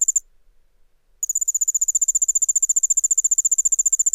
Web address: The Songs of Insects 06 Allard's Ground Cricket